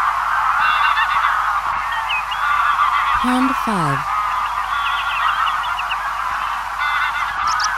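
Greylag goose: greylag geese honking together in a continuous chattering mass, broken around the three-second mark by a deeper call that slides downward in pitch.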